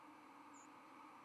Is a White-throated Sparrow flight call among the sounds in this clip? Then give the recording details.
yes. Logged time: 07:57 on 31 October 2014